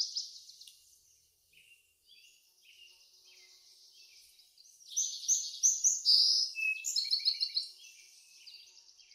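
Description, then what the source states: Bird song with scattered thin whistles and chirps early on, building into loud overlapping trills and buzzy phrases in the second half. Birds in a backyard; ambient nature sounds.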